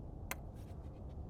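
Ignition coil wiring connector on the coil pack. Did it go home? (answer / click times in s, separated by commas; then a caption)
released / 0.3 s. Pressing the release tab on the plastic electrical connector of an ignition coil on a 2011-2016 Hyundai Elantra gives a single sharp click at 0.3 s over a low steady hum. The click signals that the latch has let go, so the connector is released and can be pulled up off the coil pack.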